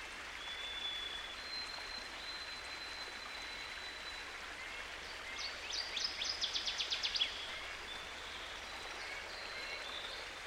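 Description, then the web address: Northern waterthrush song, a brief burst of rapid, ringing chips in the middle, set against constant rushing water and faint thin whistles of other birds. By a stream. "Dan Gibson Songbirds By The Stream. Northern Waterthrush"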